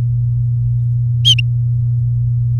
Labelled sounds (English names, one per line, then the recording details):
Domestic Canary song
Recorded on 3 May 2018 at 17:04
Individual llb16